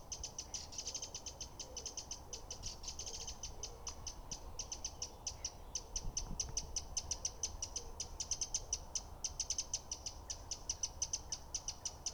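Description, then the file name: Eurasian wren giving a long, rapid series of dry ticking clicks, almost a continuous rattle, over faint low noise. "Troglodytes troglodytes"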